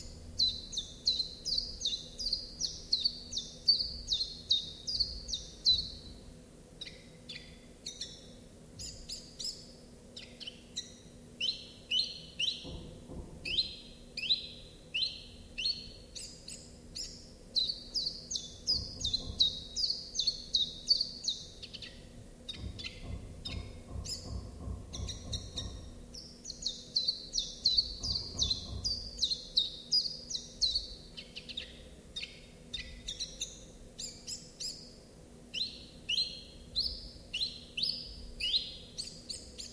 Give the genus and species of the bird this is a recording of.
Phylloscopus collybita